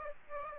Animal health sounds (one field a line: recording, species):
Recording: mosquito wingbeat signal from an infrared sensor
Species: Aedes aegypti